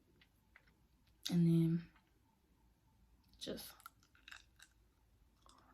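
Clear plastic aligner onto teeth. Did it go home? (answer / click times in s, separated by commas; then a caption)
no / none. A clear plastic dental aligner is lined up over the teeth before being pressed in around the edges. Someone talks briefly, followed by soft, squishy, chewing-like sounds and small clicks of handling. Because the aligner is still new, it doesn't just pop into place, and nothing has seated or clicked yet.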